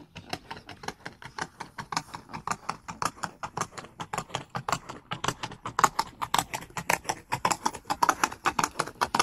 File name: horse running